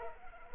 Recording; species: mosquito wingbeat signal from an infrared sensor; Culex pipiens